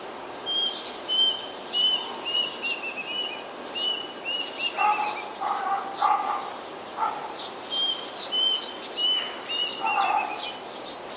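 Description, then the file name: Blue-winged pitta calls: low, clear whistled notes given in a short run midway and again near the end, among many high chirps and thin whistles from other birds. "p moluccensis"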